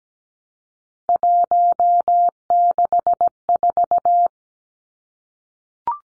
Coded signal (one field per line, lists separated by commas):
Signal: Morse code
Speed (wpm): 17 wpm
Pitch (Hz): 700 Hz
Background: none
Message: 164